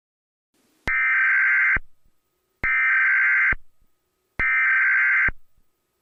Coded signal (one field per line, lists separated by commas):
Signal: Emergency Alert System (SAME) tones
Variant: header bursts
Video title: EAS scenario #01: The July Flood